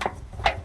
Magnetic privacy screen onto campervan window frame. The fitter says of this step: Yeah, you can probably hear the magnets Amazing. clicking into place.